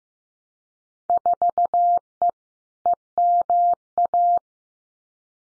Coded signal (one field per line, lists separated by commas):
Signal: Morse code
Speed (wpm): 15 wpm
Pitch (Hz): 700 Hz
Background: none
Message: 4E EMA